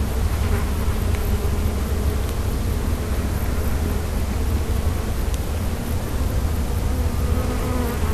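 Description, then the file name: Buzzing of bees, a constant deep drone with faint wavering tones above it and occasional light ticks. "abeilles"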